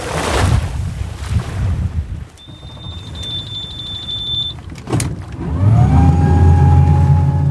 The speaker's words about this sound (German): startet sein Boot, um sich von der Küste wieder auf den Rückweg in die Stadt Tulcza zu machen.